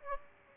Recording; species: mosquito wingbeat signal from an infrared sensor; Aedes aegypti